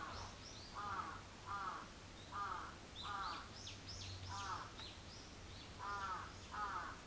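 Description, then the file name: Crow cawing in paired harsh notes while smaller birds chirp and twitter with high, quick notes above. Recorded 14 July 2022 at 06:37. "karasu-in 220714 0637"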